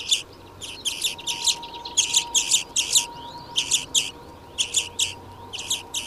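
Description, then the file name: European greenfinch calls, bursts of dry chattering notes in short clusters with brief pauses between, over a faint steady hum. "Chloris chloris"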